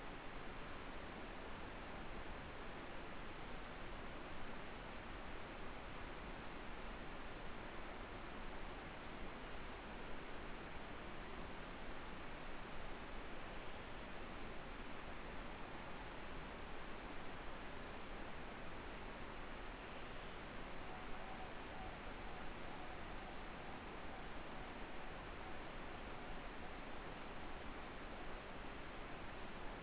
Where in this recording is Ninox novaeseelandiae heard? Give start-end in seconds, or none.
20.84-27.85